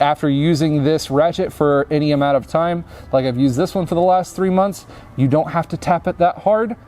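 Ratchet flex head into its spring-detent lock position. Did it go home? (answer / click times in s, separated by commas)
no / none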